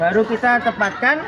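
A digital surveying theodolite is held by its carry handle and lined up on the tripod head, ready to be fitted on. Someone talks throughout. Nothing has seated or clicked yet.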